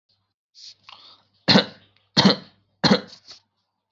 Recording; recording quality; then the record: shallow voluntary cough; excellent, no background noise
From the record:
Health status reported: healthy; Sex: male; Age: 19 years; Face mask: not worn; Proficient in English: yes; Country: India